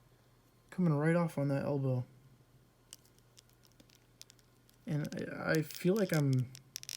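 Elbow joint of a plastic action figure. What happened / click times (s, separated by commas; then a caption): The plastic joint is being worked but has not yet clicked home / none. Someone talks while handling the stiff elbow joint of a plastic Star Wars The Black Series #93 Cal Kestis action figure, with paint already rubbing off the elbow. Faint ticks and scrapes sound between about 2.9 and 4.3 s, with a sharper cluster of clicks near 6.8 s. The elbow has not yet clicked into place by the end.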